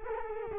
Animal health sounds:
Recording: mosquito wingbeat signal from an infrared sensor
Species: Culex quinquefasciatus

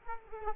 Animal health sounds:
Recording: mosquito wingbeat signal from an infrared sensor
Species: Culex quinquefasciatus

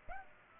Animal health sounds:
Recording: mosquito wingbeat signal from an infrared sensor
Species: Culex pipiens

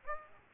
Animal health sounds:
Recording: mosquito wingbeat signal from an infrared sensor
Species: Aedes aegypti

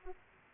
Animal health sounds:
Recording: mosquito wingbeat signal from an infrared sensor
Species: Aedes aegypti

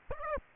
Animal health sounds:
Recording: mosquito wingbeat signal from an infrared sensor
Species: Aedes aegypti

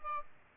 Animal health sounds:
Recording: mosquito wingbeat signal from an infrared sensor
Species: Aedes albopictus

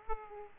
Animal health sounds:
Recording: mosquito wingbeat signal from an infrared sensor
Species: Aedes aegypti

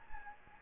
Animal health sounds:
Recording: mosquito wingbeat signal from an infrared sensor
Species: Anopheles gambiae

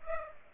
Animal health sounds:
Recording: mosquito wingbeat signal from an infrared sensor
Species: Culex pipiens

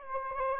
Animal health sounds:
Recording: mosquito wingbeat signal from an infrared sensor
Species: Aedes aegypti

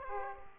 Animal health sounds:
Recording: mosquito wingbeat signal from an infrared sensor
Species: Aedes aegypti

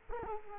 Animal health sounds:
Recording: mosquito wingbeat signal from an infrared sensor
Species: Culex quinquefasciatus

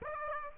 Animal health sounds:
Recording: mosquito wingbeat signal from an infrared sensor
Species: Aedes aegypti

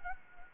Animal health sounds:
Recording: mosquito wingbeat signal from an infrared sensor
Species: Anopheles gambiae

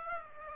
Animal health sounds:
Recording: mosquito wingbeat signal from an infrared sensor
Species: Aedes aegypti

